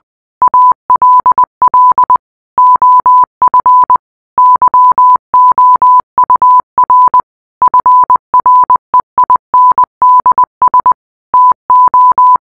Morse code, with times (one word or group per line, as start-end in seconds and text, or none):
0.4-2.2 ALL
2.6-4.0 OF
4.4-7.2 YOUR
7.6-10.9 FREINDS
11.3-12.4 TO